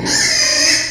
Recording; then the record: squeal of a Yucatan mini pig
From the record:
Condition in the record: before surgery on the right vocal fold (resection and tissue-engineered implant); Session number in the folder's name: 2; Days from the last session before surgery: 0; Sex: male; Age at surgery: 12 weeks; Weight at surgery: 13 kg